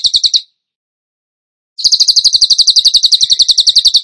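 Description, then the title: Bird song: a brief trill cut off, long silence, then a sustained fast series of piercing chirps. Masteran training recording for songbirds, tembakan gacor song style. "Masteran Burung Tembakan Gacor"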